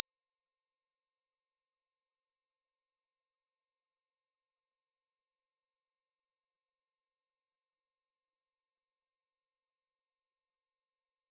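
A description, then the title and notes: A pure sine tone at 5980 Hz holds perfectly steady and bright, unchanging in pitch and loudness, with silence underneath throughout. 5980 Hz 1 Hz Interval Sine Pure Tone Frequency 441000 Sample Mono.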